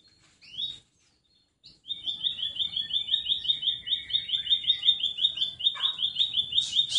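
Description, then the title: White-rumped shama song, a rapid stuttering trill of high repeated notes held steady for several seconds after two brief opening notes. Used as a lure to make other birds respond; described as gacor, a bird singing constantly. "PANCINGAN MEWAH MURAI BATU GACOR, SEKALI DENGAR AMPUH LANGSUNG RESPON"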